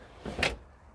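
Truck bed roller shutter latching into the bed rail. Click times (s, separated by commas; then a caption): 0.4 s. On a Ford Ranger Raptor pick-up, the truck bed's roller shutter is pulled a quarter of the way closed and its latch catches in the bed rail. A short sliding rumble leads into a sharp click at 0.4 s, and the shutter latch seats at the quarter position.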